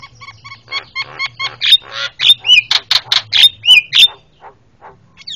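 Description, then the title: Javan myna calls: quick clicking notes lead into loud, grating squawks and short whistled slurs, ending with a few softer clicks. Very noisy calls, used as training audio for caged birds. "Jalak Kebo Master Suara Super Berisik Buat Masteran"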